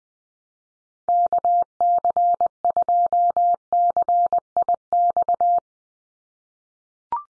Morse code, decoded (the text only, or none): KC2CIX